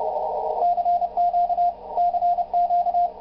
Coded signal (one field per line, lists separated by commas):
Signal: Morse code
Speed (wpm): 28 wpm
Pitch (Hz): 690 Hz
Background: radio noise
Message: CQ CQ